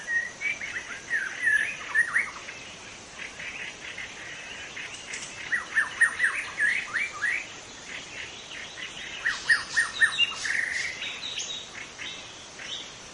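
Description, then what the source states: White-rumped shama song: clusters of clear mid-pitched whistles and rapid chips, in repeated phrases separated by short quiet gaps. Bird calling in forest.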